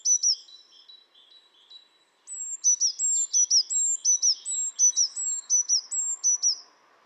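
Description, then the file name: Eurasian blue tit giving high, sharp down-slurred double notes in a quick repeated series, with softer thin notes early on and faint background noise. "Cyanistes caeruleus"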